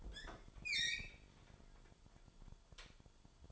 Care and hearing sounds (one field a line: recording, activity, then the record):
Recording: daily activity, microphone in the room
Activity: open fridge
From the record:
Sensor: 5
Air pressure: 1007.9 hPa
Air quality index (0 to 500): 94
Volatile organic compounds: 1 ppm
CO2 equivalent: 740 ppm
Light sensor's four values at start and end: 42/95/40/42 and 42/97/41/43